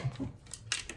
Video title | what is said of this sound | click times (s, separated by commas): How to Grow Hydroponically! --LGECON Hydroponic Garden-- Hydroponic Growing for Houseplants! | which is this right here so this just pops right onto there | 0.7 s